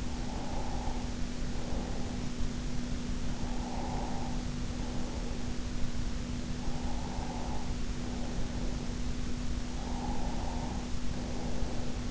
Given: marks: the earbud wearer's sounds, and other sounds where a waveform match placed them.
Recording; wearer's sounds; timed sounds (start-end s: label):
sounds in sleep by an in-ear microphone; breath
0.00-2.45 s: breath
3.08-6.05 s: breath
6.51-9.08 s: breath
9.60-12.11 s: breath